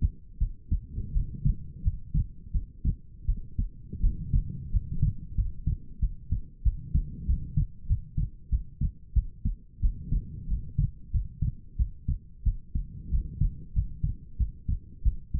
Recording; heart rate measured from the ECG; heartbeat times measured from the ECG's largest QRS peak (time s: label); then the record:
heart sounds by stethoscope; 90 bpm
0.38 s: heartbeat
1.12 s: heartbeat
1.82 s: heartbeat
2.51 s: heartbeat
3.25 s: heartbeat
4.00 s: heartbeat
4.70 s: heartbeat
5.35 s: heartbeat
5.99 s: heartbeat
6.63 s: heartbeat
7.26 s: heartbeat
7.86 s: heartbeat
8.49 s: heartbeat
9.13 s: heartbeat
9.80 s: heartbeat
10.47 s: heartbeat
11.11 s: heartbeat
11.76 s: heartbeat
12.43 s: heartbeat
13.09 s: heartbeat
13.73 s: heartbeat
14.37 s: heartbeat
15.02 s: heartbeat
From the record:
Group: healthy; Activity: rest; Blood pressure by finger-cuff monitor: 87/59 mmHg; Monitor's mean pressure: 68 mmHg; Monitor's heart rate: 91 bpm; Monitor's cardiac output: 7.2 L/min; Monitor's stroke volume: 79 mL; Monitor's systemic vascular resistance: 680 dyn s/cm5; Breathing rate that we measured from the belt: 20 breaths a minute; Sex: female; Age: 19 years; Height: 163 cm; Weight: 48.9 kg